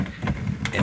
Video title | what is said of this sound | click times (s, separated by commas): How to remove, install, and secure the rear hatch door panels, Volvo V70, V70XC, V70R and 850 - VOTD | push that up until it locks in place. And this panel is secure. | 0.6 s